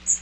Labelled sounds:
Magnolia Warbler flight call

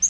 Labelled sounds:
Yellow-rumped Warbler flight call

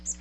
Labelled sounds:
Magnolia Warbler flight call

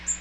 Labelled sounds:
Magnolia Warbler flight call

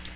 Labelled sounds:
Cape May Warbler flight call

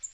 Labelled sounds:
Cape May Warbler flight call

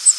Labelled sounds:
Cape May Warbler flight call

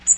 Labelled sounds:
Magnolia Warbler flight call

